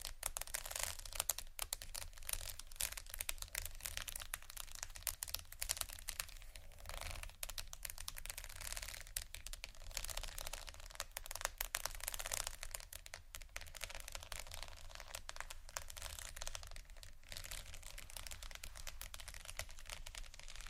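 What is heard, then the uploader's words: Rapid, dense tapping and crinkling, like marble and wood being scratched and clicked, runs without pause for the whole stretch. The crackles are bright and crisp, packed closely with a few sharper taps standing out, over a steady low hum underneath. Marble, wood, tapping, scratching, crinkles, etc （No Talking）.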